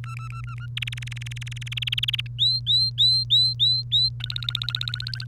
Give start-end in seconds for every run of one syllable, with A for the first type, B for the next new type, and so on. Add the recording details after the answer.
0.04-0.66 A, 0.77-2.21 B, 2.39-4.09 C, 4.20-5.24 D. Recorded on 1 May 2018 at 05:49. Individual llb3